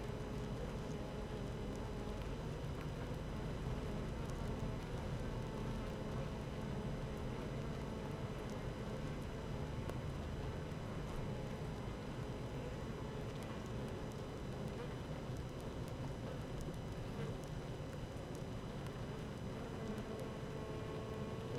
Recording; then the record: honeybee colony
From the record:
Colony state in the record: active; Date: 12 June 2018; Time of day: 15:01